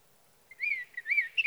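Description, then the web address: Sage thrasher song fragment: a soft note, then two clear slurred warbles and a quick burst of higher notes. "birdsongforthecurious Sage Thrasher"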